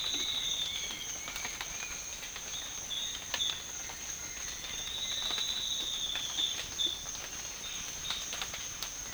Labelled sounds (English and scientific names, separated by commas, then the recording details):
none
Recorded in dense forest near Puerto Asís, Putumayo, Colombia, on 12 March 2025 at 07:00
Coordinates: 0.500, -76.322
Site GP06